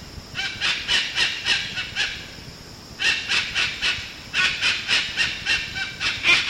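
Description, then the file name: White cockatoo with three runs of rough, nasal calls, quick and slightly uneven, separated by short pauses. "Cacatuaalba"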